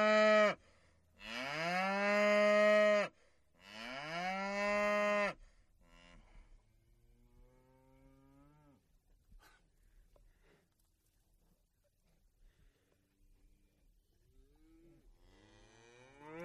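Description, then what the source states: Cow mooing, two loud drawn-out lows in the first five seconds, followed by quieter, fainter moos trailing off, with a last low starting near the end. Field of cows grazing.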